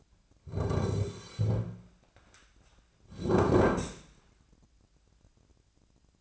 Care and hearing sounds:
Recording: daily activity, microphone in the room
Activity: sit down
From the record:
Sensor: 2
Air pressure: 1009.1 hPa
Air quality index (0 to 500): 172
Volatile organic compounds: 2 ppm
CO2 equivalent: 1257 ppm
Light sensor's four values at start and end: 37/97/41/44 and 35/92/39/42

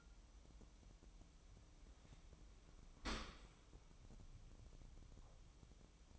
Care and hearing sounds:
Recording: daily activity, microphone in the room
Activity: open dishwasher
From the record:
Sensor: 1

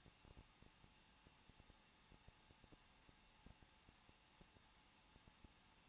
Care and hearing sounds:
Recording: daily activity, microphone in the room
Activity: no activity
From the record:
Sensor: 1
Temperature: 20.1 degrees Celsius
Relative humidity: 39.1%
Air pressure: 1006.4 hPa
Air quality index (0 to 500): 216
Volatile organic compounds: 74 ppm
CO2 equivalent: 3555 ppm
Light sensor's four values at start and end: 1/2/1/1 and 1/2/1/1

